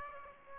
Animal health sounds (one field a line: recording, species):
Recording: mosquito wingbeat signal from an infrared sensor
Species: Aedes aegypti